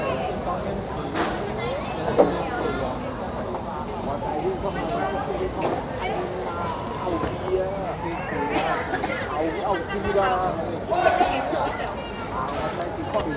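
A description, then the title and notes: Fruit sellers in a market: a steady, dense babble of overlapping voices, with sharp clatters and knocks near two, eight and eleven seconds. Fruit sellers in the market, selling in Hokkien - Singapore.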